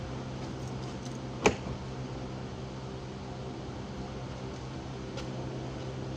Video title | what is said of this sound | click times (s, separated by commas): Installing Clear Tail Lights On My 2018 Subaru WRX! | not fully seated. | 1.5 s